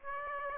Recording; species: mosquito wingbeat signal from an infrared sensor; Aedes aegypti